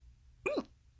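A single abrupt, voiced hiccup from an adult, lasting about a fifth of a second, with a brief rising-then-falling vocal squeak over a quiet background. An ordinary isolated hiccup.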